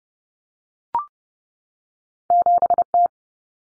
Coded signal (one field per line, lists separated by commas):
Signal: Morse code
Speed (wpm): 30 wpm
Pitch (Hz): 700 Hz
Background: none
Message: 7T